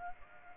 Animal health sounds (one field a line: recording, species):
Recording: mosquito wingbeat signal from an infrared sensor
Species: Culex pipiens